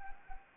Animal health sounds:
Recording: mosquito wingbeat signal from an infrared sensor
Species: Anopheles arabiensis

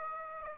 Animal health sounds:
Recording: mosquito wingbeat signal from an infrared sensor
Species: Aedes aegypti

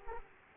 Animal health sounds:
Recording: mosquito wingbeat signal from an infrared sensor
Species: Culex quinquefasciatus

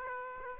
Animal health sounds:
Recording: mosquito wingbeat signal from an infrared sensor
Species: Aedes aegypti

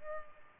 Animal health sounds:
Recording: mosquito wingbeat signal from an infrared sensor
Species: Culex pipiens

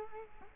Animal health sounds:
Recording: mosquito wingbeat signal from an infrared sensor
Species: Culex quinquefasciatus

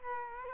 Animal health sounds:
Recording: mosquito wingbeat signal from an infrared sensor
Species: Culex quinquefasciatus

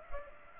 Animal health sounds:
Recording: mosquito wingbeat signal from an infrared sensor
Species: Culex pipiens

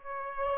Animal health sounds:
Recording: mosquito wingbeat signal from an infrared sensor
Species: Aedes aegypti

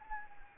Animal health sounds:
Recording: mosquito wingbeat signal from an infrared sensor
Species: Anopheles gambiae

